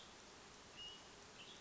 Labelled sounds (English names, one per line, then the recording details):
Western Tanager
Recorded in Sonoma County, California